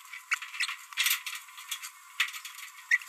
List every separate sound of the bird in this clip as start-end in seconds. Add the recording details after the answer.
0.31-0.35, 2.91-2.97. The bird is a female. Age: 30 days. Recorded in a nest box in Venezuela. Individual 17B42B1